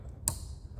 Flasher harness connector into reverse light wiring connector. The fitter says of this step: that click and firm seeding is what you want with these connectors.